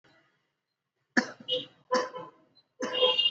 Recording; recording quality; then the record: heavy voluntary cough; poor, much background noise or distortion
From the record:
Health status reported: exposed to COVID-19, no respiratory illness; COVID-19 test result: not tested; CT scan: not taken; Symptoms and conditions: none ticked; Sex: male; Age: 22 years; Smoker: no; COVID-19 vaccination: both doses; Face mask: not worn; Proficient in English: yes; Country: India